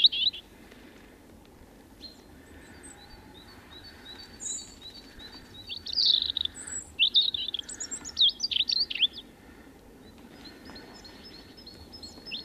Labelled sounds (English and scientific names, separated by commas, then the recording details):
European Robin (Erithacus rubecula) song
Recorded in the wild
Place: Pfaffenbrunnen, Haardt, Rheinland-Pfalz, DE
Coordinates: 49.412, 7.756
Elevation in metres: 399
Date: 1976-03-26
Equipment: Nagra IV, Sennheiser MKH 405, Parabolreflektor
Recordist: Tretzel, Erwin